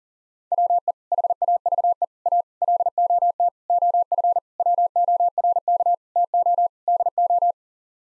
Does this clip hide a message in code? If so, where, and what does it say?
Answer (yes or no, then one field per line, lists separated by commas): yes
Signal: Morse code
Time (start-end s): 0.5-7.5 s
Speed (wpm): 37 wpm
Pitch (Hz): 700 Hz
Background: none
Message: WE HAVE A LOT OF WORK TO DO